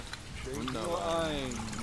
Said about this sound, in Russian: Немец наливает Володьке кружку самогона.